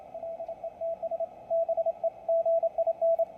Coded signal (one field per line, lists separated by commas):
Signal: Morse code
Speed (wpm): 28 wpm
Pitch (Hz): 660 Hz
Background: radio noise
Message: LETS BEGIN